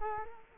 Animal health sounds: mosquito wingbeat signal from an infrared sensor; Culex quinquefasciatus

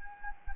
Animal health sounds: mosquito wingbeat signal from an infrared sensor; Anopheles gambiae

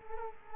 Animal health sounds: mosquito wingbeat signal from an infrared sensor; Culex quinquefasciatus

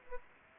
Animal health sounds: mosquito wingbeat signal from an infrared sensor; Aedes aegypti

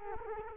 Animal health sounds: mosquito wingbeat signal from an infrared sensor; Culex quinquefasciatus

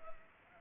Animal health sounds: mosquito wingbeat signal from an infrared sensor; Culex pipiens

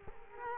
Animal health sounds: mosquito wingbeat signal from an infrared sensor; Culex quinquefasciatus

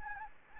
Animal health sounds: mosquito wingbeat signal from an infrared sensor; Anopheles gambiae

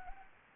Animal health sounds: mosquito wingbeat signal from an infrared sensor; Anopheles arabiensis

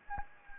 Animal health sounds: mosquito wingbeat signal from an infrared sensor; Anopheles gambiae

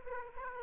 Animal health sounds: mosquito wingbeat signal from an infrared sensor; Aedes aegypti

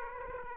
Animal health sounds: mosquito wingbeat signal from an infrared sensor; Aedes aegypti

